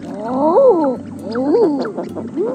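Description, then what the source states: Eider duck calls: a low, rising-then-falling, crooning 'ah-ooo' that sounds oddly human, repeated about once a second. Weirdly human call, given as an example of birds making closed-mouth vocalizations.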